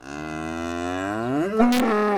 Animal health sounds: contact call of a hoofed animal; cattle; low-frequency (closed-mouth) or high-frequency (open-mouth) call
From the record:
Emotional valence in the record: negative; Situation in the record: full separation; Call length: 2.2 s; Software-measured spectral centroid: 2460 Hz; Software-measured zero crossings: 1430 a second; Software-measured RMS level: -23 dBFS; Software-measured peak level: -6 dBFS

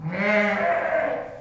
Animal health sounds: contact call of a hoofed animal; sheep; low-frequency (closed-mouth) or high-frequency (open-mouth) call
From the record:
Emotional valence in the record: negative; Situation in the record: short social isolation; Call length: 1.42 s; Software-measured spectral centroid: 1540 Hz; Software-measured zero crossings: 1820 a second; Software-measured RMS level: -24 dBFS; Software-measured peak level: -9 dBFS

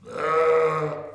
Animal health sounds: contact call of a hoofed animal; sheep; low-frequency (closed-mouth) or high-frequency (open-mouth) call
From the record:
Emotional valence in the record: negative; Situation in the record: short social isolation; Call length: 1.14 s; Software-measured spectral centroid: 1630 Hz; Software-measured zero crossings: 1440 a second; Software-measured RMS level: -23 dBFS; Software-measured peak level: -11 dBFS

